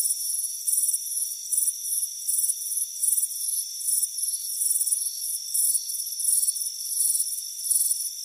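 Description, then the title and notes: High-pitched cricket chirping in short pulses, with a continuous thin whine of insects underneath. Crickets chirping on a front porch on a warm afternoon. "Soothing Crickets Chirping Sound. It's a warm afternoon as you relax in a hammock on the front porch"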